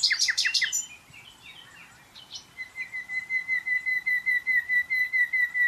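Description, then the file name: Common nightingale song: a harsh, buzzy burst, then a long run of pure whistled notes on one pitch, repeated rapidly and steadily. "Luscinia megarhynchos"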